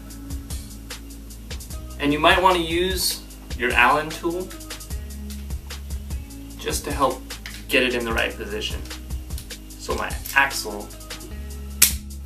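A caster wheel axle is lined up in a casterboard wheel mount, with an Allen tool used to nudge the spacer and axle into position while refitting the wheel. Someone talks over music, with a few short taps and knocks. Nothing has seated or clicked yet.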